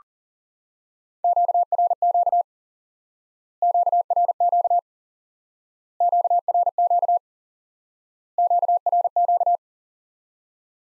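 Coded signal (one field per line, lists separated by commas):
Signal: Morse code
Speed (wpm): 40 wpm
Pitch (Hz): 700 Hz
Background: none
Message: QRQ QRQ QRQ QRQ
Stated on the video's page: High-speed (QRQ) Morse lesson teaching common QSO elements by instant word recognition.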